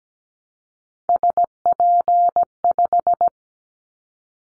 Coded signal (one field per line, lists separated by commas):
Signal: Morse code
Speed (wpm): 17 wpm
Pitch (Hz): 700 Hz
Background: none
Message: SP5